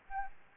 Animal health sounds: mosquito wingbeat signal from an infrared sensor; Anopheles gambiae

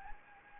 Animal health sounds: mosquito wingbeat signal from an infrared sensor; Anopheles gambiae

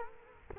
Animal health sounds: mosquito wingbeat signal from an infrared sensor; Culex quinquefasciatus

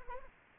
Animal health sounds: mosquito wingbeat signal from an infrared sensor; Anopheles arabiensis

